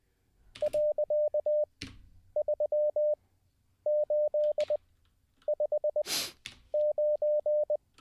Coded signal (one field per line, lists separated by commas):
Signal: Morse code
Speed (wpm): 20 wpm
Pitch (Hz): 600 Hz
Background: none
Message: .3859